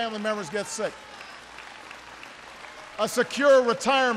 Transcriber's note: applause